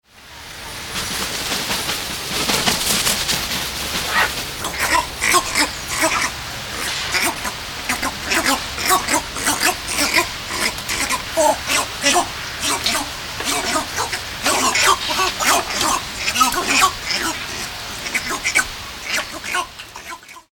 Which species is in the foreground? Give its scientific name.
Geronticus eremita